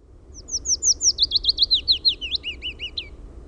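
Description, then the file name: Willow warbler song, a single cascading phrase of rapid, liquid whistled notes falling in pitch and finishing with several lower, slightly rising notes; soft background hum. "PAJULINTU"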